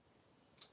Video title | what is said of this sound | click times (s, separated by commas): Sharpening and turning | the way back in 90 degrees that's zero and then click | 0.6 s